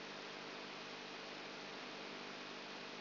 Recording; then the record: brain microelectrode recording played as sound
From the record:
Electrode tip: outside the subthalamic nucleus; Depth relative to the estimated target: -4 mm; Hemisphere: left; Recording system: AlphaMap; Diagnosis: Parkinson's disease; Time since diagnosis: 12 years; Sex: female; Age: 59 years